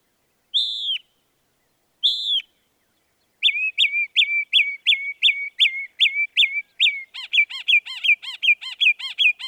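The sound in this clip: Northern mockingbird song: two slurred whistles, then a long series of rapid repeated chirps that shift to a new, quicker note type.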